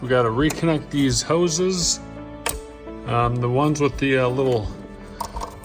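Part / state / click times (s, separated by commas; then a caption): blue-tab hose quick connector on an engine fitting / seated / 5.2 s. Someone talks while reconnecting engine hoses with blue plastic-tab quick connectors on a 2020-2022 Shelby GT500, during a coil and plug change after an on-track power loss. A sharp transient lands at 2.5 s, and a blue-tab hose quick connector clicks into place on an engine fitting at 5.2 s, followed by a few softer ticks, confirming it has seated.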